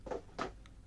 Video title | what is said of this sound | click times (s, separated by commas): BISSELL PowerWash HydroSteam Review | That's it. clicks in place quite securely. | 0.4 s